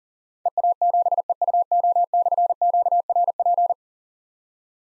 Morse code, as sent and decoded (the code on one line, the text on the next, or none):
. .- --... . ..- --- -..-. --.- .-. .--.
EA7EUO/QRP